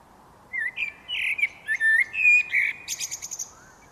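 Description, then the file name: Common blackbird singing a rich, warbled phrase of fluty whistles that ends in a thin, high-pitched chattering twitter. "Turdus merula"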